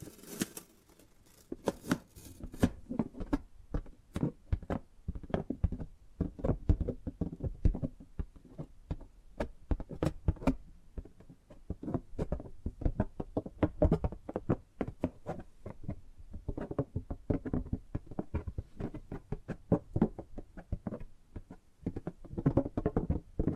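Tapping and gripping sounds: dense, irregular taps and knocks fall in quick clusters across the whole clip, mostly dull and low with some brighter clicks. Bursts of sharp, crisp rustling appear at the start, and brief quieter gaps break the steady tapping.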